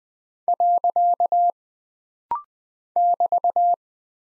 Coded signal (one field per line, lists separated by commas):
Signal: Morse code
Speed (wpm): 20 wpm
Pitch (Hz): 700 Hz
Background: none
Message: . <BT>